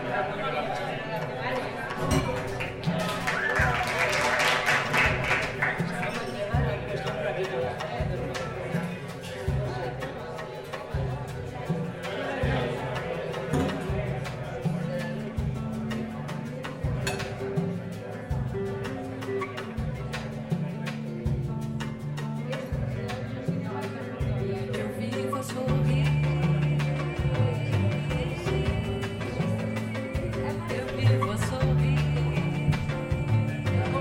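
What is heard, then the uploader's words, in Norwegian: A sound-diary recording from Madrid: a dense, continuous wash of voices talking over a steady low thumping beat. A bright rattling burst stands out around four to five seconds, and scattered clinks and sustained tones run through the rest. Lyddagbok-Madrid-April-2011.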